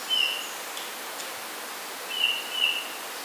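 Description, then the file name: Eurasian bullfinch giving soft, short piping whistles, one early note then two more close together near the end, over a steady hiss of background noise. "Pyrrhula pyrrhula"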